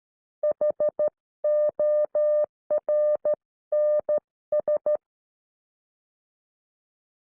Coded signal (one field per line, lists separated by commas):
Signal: Morse code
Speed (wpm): 13 wpm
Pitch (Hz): 600 Hz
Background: none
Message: HORNS